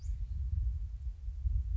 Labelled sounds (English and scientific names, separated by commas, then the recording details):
Western Flycatcher (Empidonax difficilis)
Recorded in Sonoma County, California